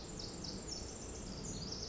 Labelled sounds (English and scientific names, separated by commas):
Pacific Wren (Troglodytes pacificus)